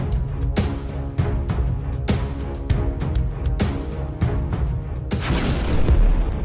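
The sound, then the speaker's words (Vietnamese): Heavy explosive booms from outside strike again and again over a constant low rumble, shaking the ground. Each blast is a sharp burst, and the din swells into a louder roaring surge near the end. No voices. “Ba Phổ còn chưa hiểu thầy Lương đang nói gì thì từ bên ngoài vang lên tiếng nổ ầm trời.”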